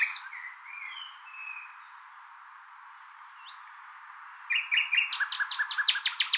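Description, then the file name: Common nightingale song: soft scattered whistles and a thin high note, then a loud, rapid, rattling trill of repeated notes bursts in near the end. "Luscinia megarhynchos"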